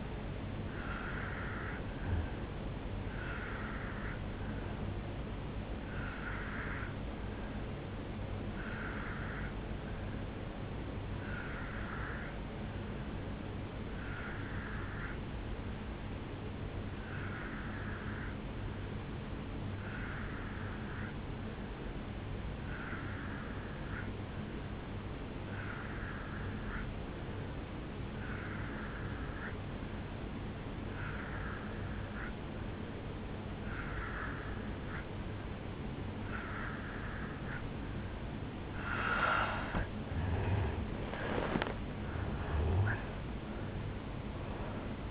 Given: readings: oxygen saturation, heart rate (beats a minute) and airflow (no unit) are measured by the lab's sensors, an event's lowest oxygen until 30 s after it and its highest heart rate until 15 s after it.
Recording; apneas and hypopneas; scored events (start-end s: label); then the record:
breathing in sleep by a voice recorder at the bedside; 1
13.00-39.40 s: obstructive apnea (N1, oxygen 94% highest, then 86% lowest, heart rate 66 at the start, 77 highest)
16.00-45.11 s: new sleep stage, N2 (light sleep)
From the record:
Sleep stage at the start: N1 (lightest sleep); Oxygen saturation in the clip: 87 to 94%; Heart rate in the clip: 65 to 76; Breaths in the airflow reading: 4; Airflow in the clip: -7.9 to 6.0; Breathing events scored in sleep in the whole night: 449 in 7.0 hours asleep